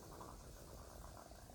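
Soft, low bubbling rumble lasting about a second and a half: ordinary stomach gurgling (borborygmi) from an adult's belly.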